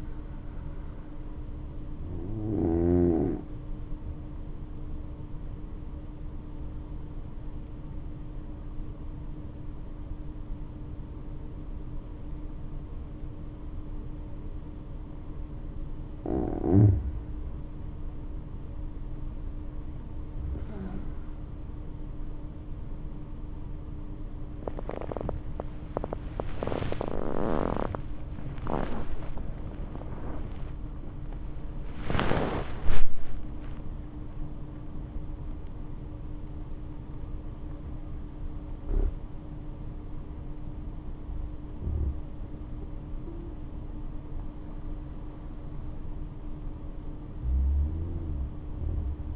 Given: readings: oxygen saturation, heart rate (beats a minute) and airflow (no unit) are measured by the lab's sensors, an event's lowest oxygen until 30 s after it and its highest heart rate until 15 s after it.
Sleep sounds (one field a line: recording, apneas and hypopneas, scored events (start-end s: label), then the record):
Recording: breathing in sleep by a smartphone at the bedside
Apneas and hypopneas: 1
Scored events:
8.00-21.80 s: hypopnea (N2, oxygen 96% highest, then 92% lowest, heart rate 64 at the start, 84 highest)
33.00-49.36 s: new sleep stage, N3 (deep sleep)
From the record:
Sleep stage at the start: N2 (light sleep)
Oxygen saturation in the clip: 90 to 97%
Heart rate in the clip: 60 to 86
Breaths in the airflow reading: 9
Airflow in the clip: -8.6 to 14.0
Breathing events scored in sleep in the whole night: 228 in 5.4 hours asleep